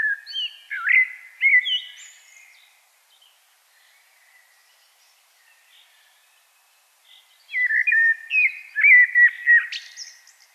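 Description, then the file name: Common blackbird song: two rich, warbled phrases separated by about five seconds of near silence, the second ending in high scratchy notes. "Turdus merula"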